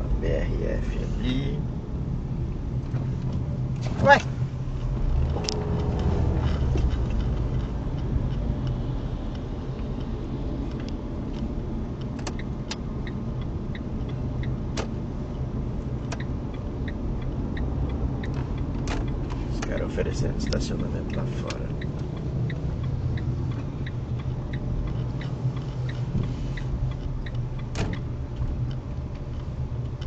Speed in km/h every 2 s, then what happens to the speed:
24, 20, 21, 32, 34, 29, 30, 31, 35, 32, 16, 15, 17, 15, 16.
3-6 speeds up to 32. 6-11 steady at about 32. 11-17 speeds up to 35. 17-20 brakes to 16. 20-30 steady at about 16.